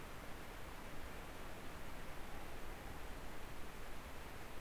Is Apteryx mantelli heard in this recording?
no